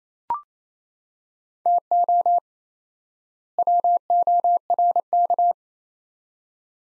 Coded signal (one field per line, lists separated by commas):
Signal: Morse code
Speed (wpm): 27 wpm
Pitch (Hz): 700 Hz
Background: none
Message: TO WORK